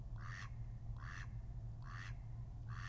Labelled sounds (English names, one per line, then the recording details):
Mallard
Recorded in Germany
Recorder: ecoPi